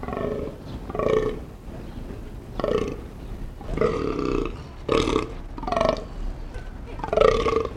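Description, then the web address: Fallow deer groaning: deep, rough, belching groans repeated several times, over steady background noise. Male. "wildtiere bayern damhirsch maennchen"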